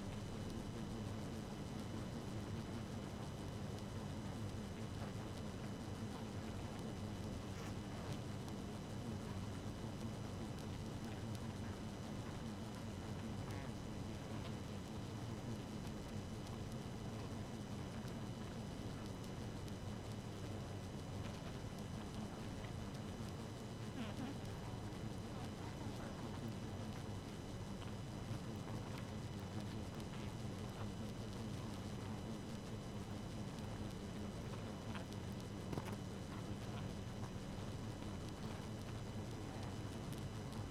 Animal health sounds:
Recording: honeybee colony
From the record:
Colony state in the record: active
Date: 12 June 2018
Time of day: 0:44

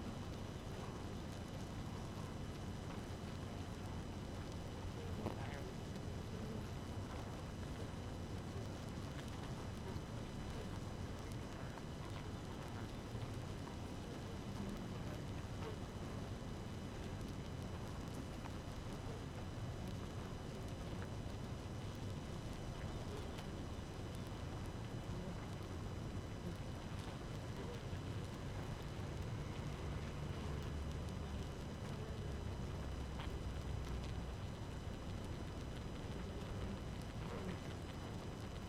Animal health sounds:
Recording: honeybee colony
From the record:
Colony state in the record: active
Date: 12 June 2018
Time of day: 5:15

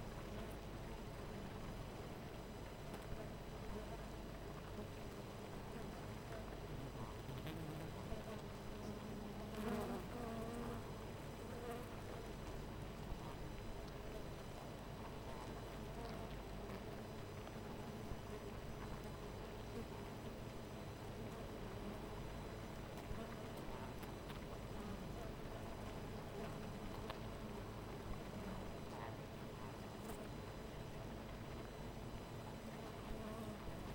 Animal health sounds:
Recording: honeybee colony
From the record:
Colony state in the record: missing queen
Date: 14 July 2017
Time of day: 12:45

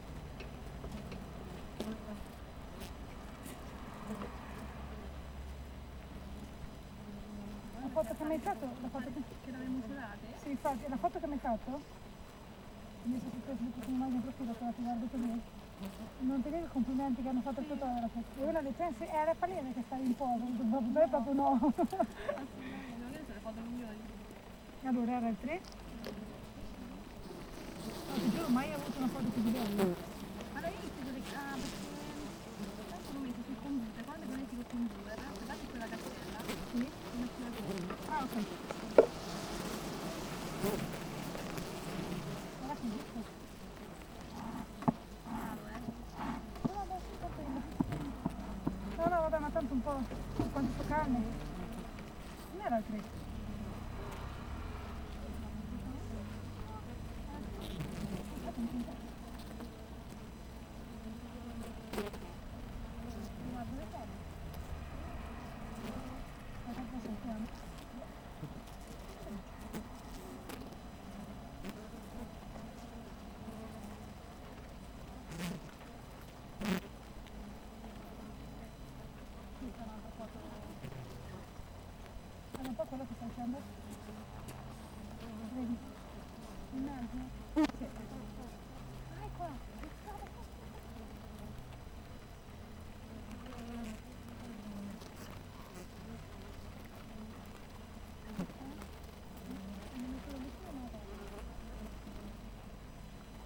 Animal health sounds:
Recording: honeybee colony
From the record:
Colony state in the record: missing queen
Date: 14 July 2017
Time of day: 7:14

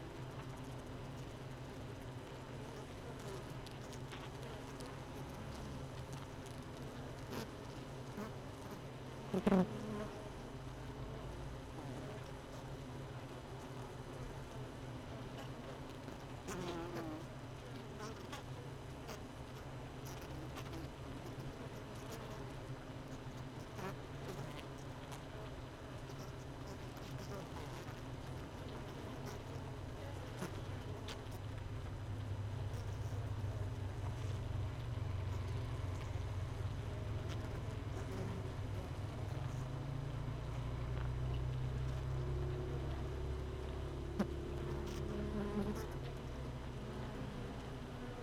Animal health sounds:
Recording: honeybee colony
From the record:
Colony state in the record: missing queen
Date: 31 May 2018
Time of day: 16:54

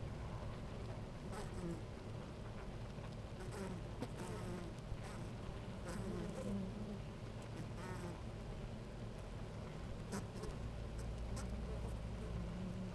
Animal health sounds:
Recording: honeybee colony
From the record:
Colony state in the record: active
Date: 28 July 2017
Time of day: 10:34

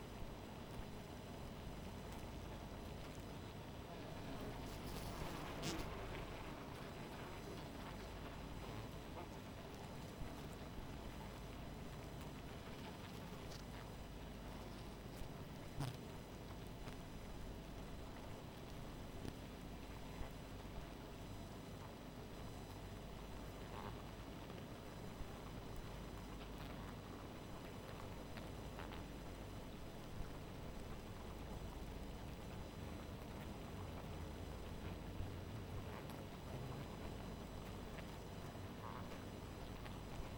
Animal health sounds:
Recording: honeybee colony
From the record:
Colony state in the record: missing queen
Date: 14 July 2017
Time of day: 0:46

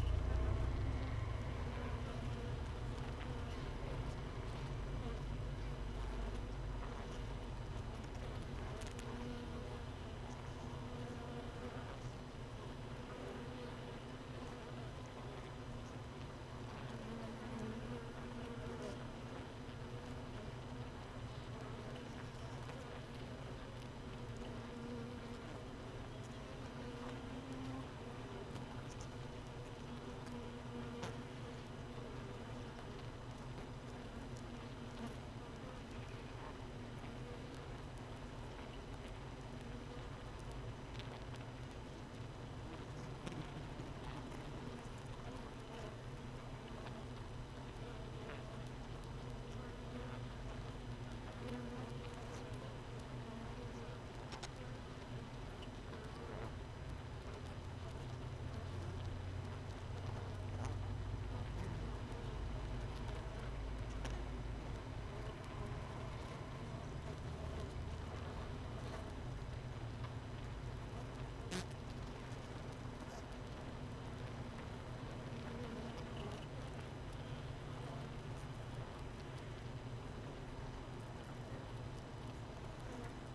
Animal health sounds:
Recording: honeybee colony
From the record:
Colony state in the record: missing queen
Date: 31 May 2018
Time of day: 15:26

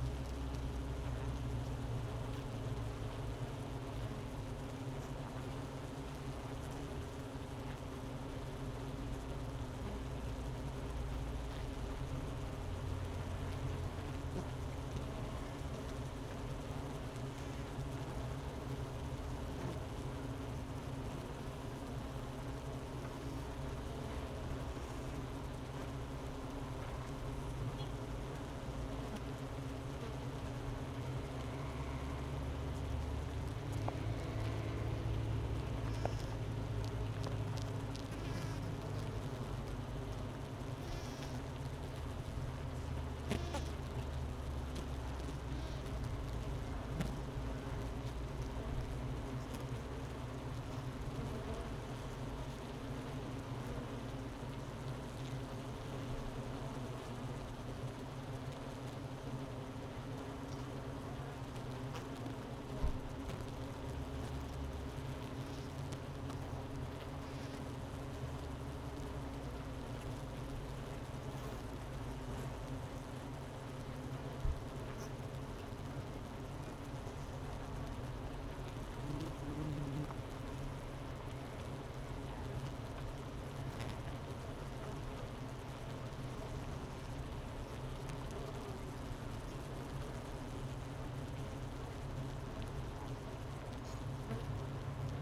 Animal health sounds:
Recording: honeybee colony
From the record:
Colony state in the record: missing queen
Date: 31 May 2018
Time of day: 10:51

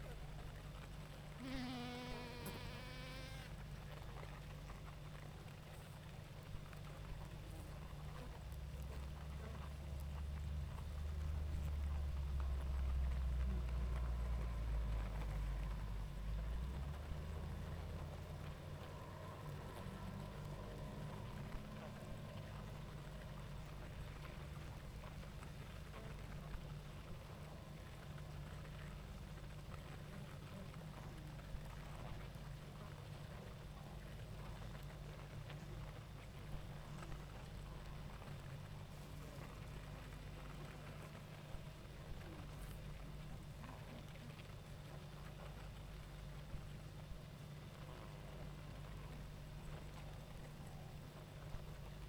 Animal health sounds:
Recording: honeybee colony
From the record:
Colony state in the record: active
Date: 28 July 2017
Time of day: 19:47

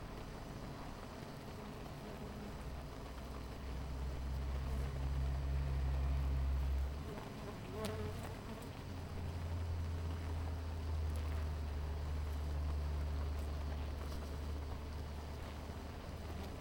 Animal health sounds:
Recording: honeybee colony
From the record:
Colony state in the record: missing queen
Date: 14 July 2017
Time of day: 9:30

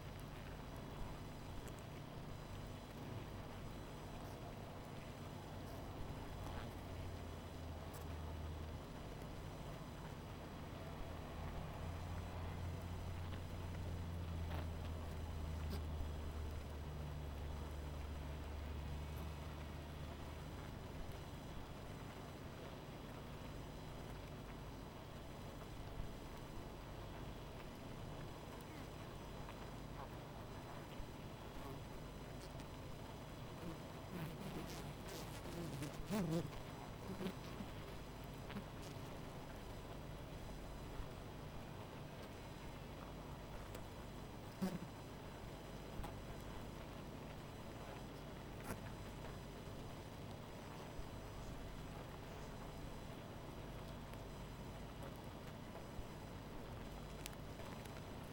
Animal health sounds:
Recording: honeybee colony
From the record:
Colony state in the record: missing queen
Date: 14 July 2017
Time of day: 19:37

